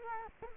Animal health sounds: mosquito wingbeat signal from an infrared sensor; Culex quinquefasciatus

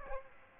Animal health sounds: mosquito wingbeat signal from an infrared sensor; Aedes aegypti

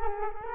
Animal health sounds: mosquito wingbeat signal from an infrared sensor; Culex quinquefasciatus

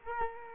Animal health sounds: mosquito wingbeat signal from an infrared sensor; Culex quinquefasciatus

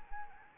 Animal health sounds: mosquito wingbeat signal from an infrared sensor; Anopheles arabiensis

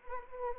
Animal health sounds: mosquito wingbeat signal from an infrared sensor; Anopheles arabiensis

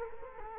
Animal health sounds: mosquito wingbeat signal from an infrared sensor; Culex quinquefasciatus

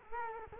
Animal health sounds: mosquito wingbeat signal from an infrared sensor; Culex quinquefasciatus

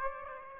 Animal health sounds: mosquito wingbeat signal from an infrared sensor; Aedes aegypti

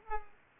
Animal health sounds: mosquito wingbeat signal from an infrared sensor; Culex pipiens

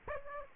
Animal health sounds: mosquito wingbeat signal from an infrared sensor; Aedes aegypti

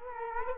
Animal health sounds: mosquito wingbeat signal from an infrared sensor; Culex quinquefasciatus

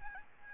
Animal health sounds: mosquito wingbeat signal from an infrared sensor; Aedes albopictus

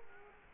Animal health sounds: mosquito wingbeat signal from an infrared sensor; Culex quinquefasciatus

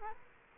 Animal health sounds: mosquito wingbeat signal from an infrared sensor; Culex quinquefasciatus

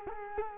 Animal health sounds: mosquito wingbeat signal from an infrared sensor; Culex quinquefasciatus

